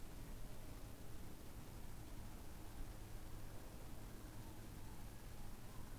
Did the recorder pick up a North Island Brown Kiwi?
yes